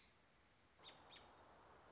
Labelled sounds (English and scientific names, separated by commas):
American Robin (Turdus migratorius)